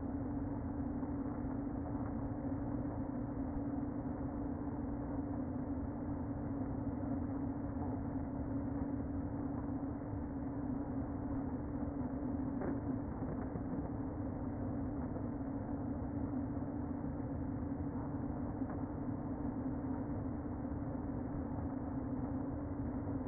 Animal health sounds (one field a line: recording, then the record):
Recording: honeybee colony, microphone inside the hive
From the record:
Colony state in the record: queen present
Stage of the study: before two queens were removed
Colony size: about 60,000 bees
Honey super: yes